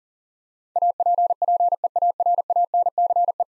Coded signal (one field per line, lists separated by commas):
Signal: Morse code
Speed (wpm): 40 wpm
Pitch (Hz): 700 Hz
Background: none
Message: APPEARANCE